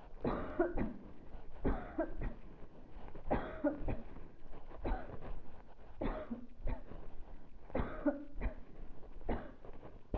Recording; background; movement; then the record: voluntary coughing; quiet; walking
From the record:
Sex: female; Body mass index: 22.6 kg/m2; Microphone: on the chest, facing the body